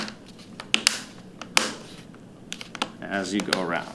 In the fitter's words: what i'm going to start doing is just going around the bezel and snapping it into place you'll hear it and feel it snap